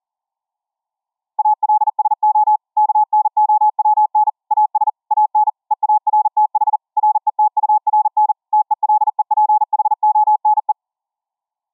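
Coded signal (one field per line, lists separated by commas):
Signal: Morse code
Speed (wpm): 41 wpm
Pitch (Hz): 850 Hz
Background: none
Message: ALSO KNOWN AS AN EARTH RETURN TELEPHONE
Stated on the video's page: CW at 26.6 kHz VLF through-the-earth, from soundcard SDR via 4:1 ferrite toroid transformer into a homemade twin-coil ferrite rod antenna, full QSK with T/R switch.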